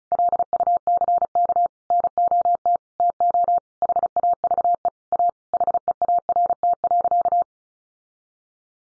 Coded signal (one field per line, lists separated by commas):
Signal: Morse code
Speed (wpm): 34 wpm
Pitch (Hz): 700 Hz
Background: none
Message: LUCK NOT TO HAVE A HEART.